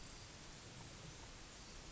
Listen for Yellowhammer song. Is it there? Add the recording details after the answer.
no. Background noise only